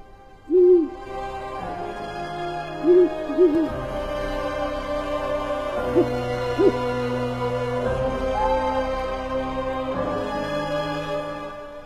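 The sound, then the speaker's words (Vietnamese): Several short, low owl hoots ring out at uneven intervals over a steady, sustained musical drone, with no talking: an owl perched on the door of a house at night, crying out seven times. “Cùng lúc đó, anh Nam ở nhà đang xem tivi, bất chợt tự nhiên ấy, có cái con cú mèo ở đâu, nó bay đến, nó đậu ngay cánh cửa trong nhà, nó kêu thất thanh 7 tiếng.”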